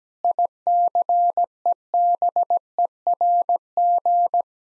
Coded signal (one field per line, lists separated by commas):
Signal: Morse code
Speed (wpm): 17 wpm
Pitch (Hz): 700 Hz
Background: none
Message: ICEBERG